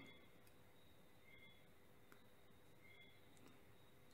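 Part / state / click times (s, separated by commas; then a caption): flex ribbon cable connector into the phone logic board socket / seated / 2.1 s. A flex ribbon cable connector on a Samsung Galaxy S6 Edge is pressed back into its socket on the phone's logic board. Over a steady low hiss with faint tonal hum, a single short, sharp click is heard at 2.1 s. The click signals that the connector has seated and is connected.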